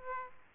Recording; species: mosquito wingbeat signal from an infrared sensor; Aedes aegypti